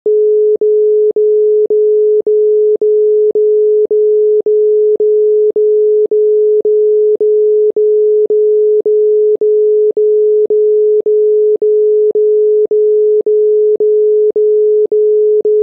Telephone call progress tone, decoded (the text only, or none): dial tone